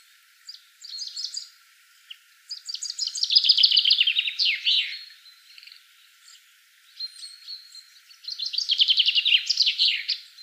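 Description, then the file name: Common chaffinch song: two loud trilled phrases that drop in pitch, with quieter notes before and between. "Fringilla coelebs"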